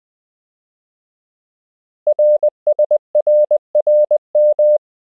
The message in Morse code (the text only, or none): RSRRM